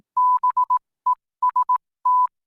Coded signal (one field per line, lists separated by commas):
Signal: Morse code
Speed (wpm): 18 wpm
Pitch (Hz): 1000 Hz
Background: none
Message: BEST